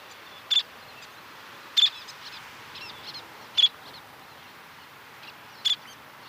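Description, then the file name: Least tern calls, four short shrill notes at uneven intervals, with quieter high chips between them over steady background hiss. "Golosa ptic - Karlikovaya krachka Sternula antillarum"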